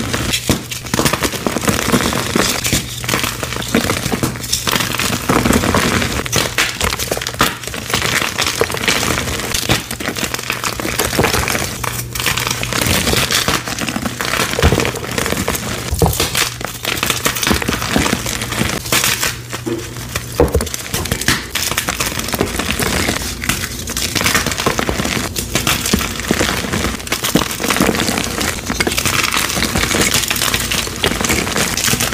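Crisp crushing and crumbling of chalk blocks, as a dense, continuous run of small cracks and gritty crunches. The grinding stays busy and fairly even throughout, with sharper snaps every second or so. A low steady hum sits underneath until around twenty-one seconds.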